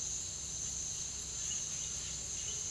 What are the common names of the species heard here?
none